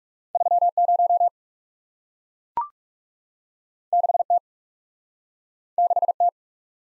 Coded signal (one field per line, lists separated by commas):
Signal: Morse code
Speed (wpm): 38 wpm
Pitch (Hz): 700 Hz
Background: none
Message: 3 0 6 T 6 T